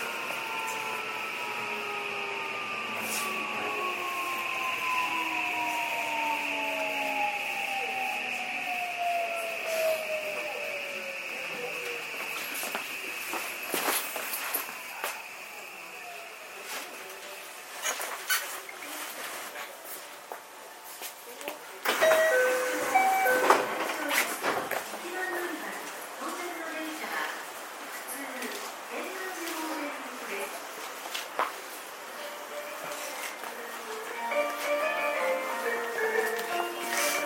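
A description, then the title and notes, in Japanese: A JR 323 series train slows to a stop, its motor whine gliding downward over the first fifteen seconds above a steady high squeal. Clunks and knocks follow, then from about twenty-two seconds a voice speaks amid rattling cabin noise. JR323系 桃谷→桃谷。朝早くに乗車して録音しましたが、そこそこ乗客がおり、少し声が聞こえます。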